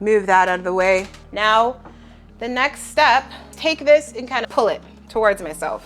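Someone talks over background music while handling the adjustable part of an Echelon Stride 6 treadmill, getting ready to pull it towards themselves so it moves through its angle detent positions. No clicks are heard in this clip: the part has not yet clicked into an angle detent, and nothing has seated yet.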